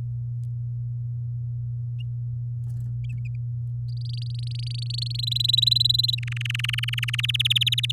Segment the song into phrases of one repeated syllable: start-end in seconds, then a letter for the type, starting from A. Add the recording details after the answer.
3.88-5.21 A, 5.23-6.15 B, 6.18-7.21 C, 7.23-7.92 D. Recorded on 8 May 2018 at 06:06. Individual llb16